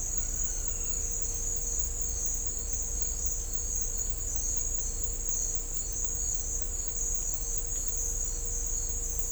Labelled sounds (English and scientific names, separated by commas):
none